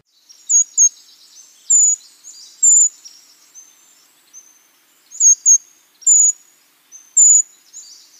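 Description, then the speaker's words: Brown creeper giving thin, very high-pitched notes, several single or paired calls spread throughout with a longer pause in the middle. Mystery sound, replayed. "That was the call of a brown creeper."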